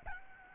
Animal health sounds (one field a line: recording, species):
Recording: mosquito wingbeat signal from an infrared sensor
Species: Aedes albopictus